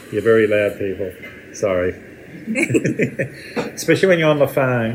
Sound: laughs